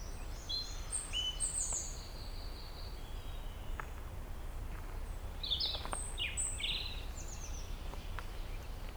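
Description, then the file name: European robin singing varied high, sweet phrases, thin whistles and quick trills in two bursts separated by a pause, with persistent low rumbling noise beneath. "Erithacus rubecula"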